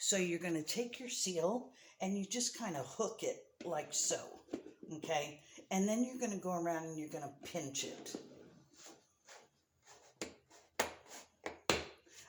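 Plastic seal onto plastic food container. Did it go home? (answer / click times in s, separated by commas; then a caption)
yes / 11.7 s. A plastic seal is hooked on one side of a plastic serving container and pinched around the rim while someone talks. A series of sharp plastic clicks follows, and the loudest snap at 11.7 s marks the seal snapping down into an airtight closure.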